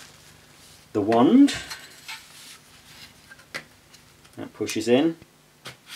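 Someone talks while handling the telescopic metal wand of an AEG UltraOne Green vacuum cleaner, lining it up to push into the plastic handle, with a few light knocks and rattles. Nothing has seated or clicked yet.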